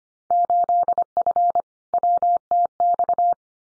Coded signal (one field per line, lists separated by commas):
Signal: Morse code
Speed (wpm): 25 wpm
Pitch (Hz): 700 Hz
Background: none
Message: 8F WTX